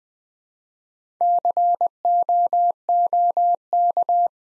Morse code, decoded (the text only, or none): COOK